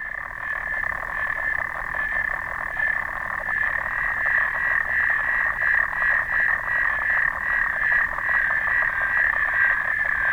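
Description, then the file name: Clawed frog calling in a long, steady series of rapid ticking clicks with a pulsing rhythm. "xenopus"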